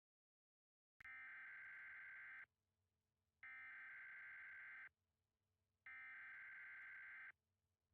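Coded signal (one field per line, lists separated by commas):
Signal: Emergency Alert System (SAME) tones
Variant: header bursts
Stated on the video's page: Fictional EAS scenario of California severe weather using valid EAS tones.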